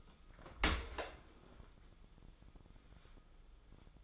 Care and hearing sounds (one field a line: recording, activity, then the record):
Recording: daily activity, microphone in the room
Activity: open dishwasher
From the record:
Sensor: 5